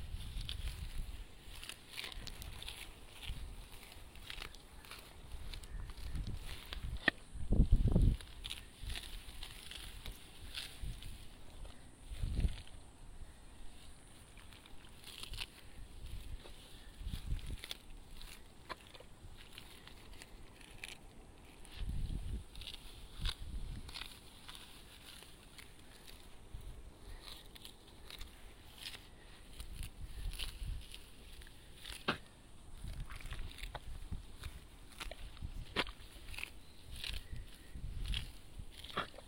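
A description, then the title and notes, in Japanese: Hand weeding in a rice paddy: irregular soft swishes and low thuds every few seconds over a faint steady hiss, loudest near eight seconds. 環境音 田んぼ除草 手で仕上げwith作業参加の学生さん。今日はさらに残った大きい草を手で抜き、土へ埋める作業です。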